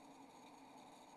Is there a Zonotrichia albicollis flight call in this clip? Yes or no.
no